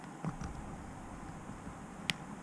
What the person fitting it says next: and there you go, that's clicked in,